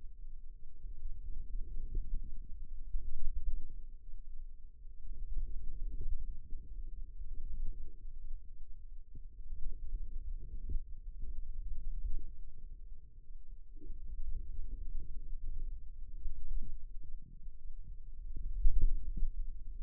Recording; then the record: forearm muscle sounds (acoustic myography)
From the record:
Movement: radial deviation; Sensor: system 2, bracelet of six BSWA MPA416 microphones around the upper forearm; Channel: 6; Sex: female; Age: 22 years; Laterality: right